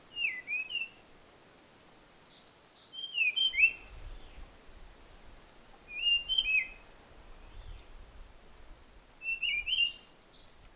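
Blue-fronted robin repeating short whistled, wavering phrases roughly every three seconds, with higher buzzy phrases and a faint low rumble behind.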